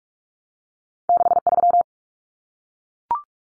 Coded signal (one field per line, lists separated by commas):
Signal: Morse code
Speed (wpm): 44 wpm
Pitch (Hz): 700 Hz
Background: none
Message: 63